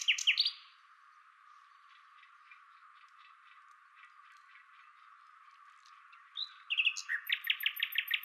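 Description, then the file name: Common nightingale: a short loud phrase, several seconds of faint notes, then a rapid, evenly repeated series of strong notes. "Luscinia megarhynchos"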